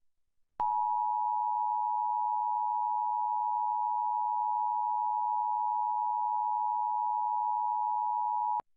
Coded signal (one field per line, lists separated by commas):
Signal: Emergency Alert System (SAME) tones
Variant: 853 and 960 Hz attention tone